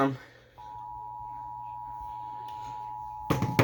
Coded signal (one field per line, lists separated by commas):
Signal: Emergency Alert System (SAME) tones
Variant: 853 and 960 Hz attention tone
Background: speech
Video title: EAS alerts from June 6-8 2025